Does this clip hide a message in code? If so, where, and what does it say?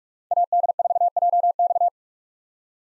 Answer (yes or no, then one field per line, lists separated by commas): yes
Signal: Morse code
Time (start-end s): 0.3-1.9 s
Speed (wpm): 46 wpm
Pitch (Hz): 700 Hz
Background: none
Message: AD4JX